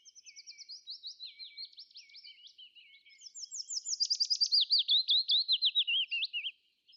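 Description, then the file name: Willow warbler song, a run of soft slurred whistles sliding downward, followed by a louder, faster series of clear notes that also descends. "fitis"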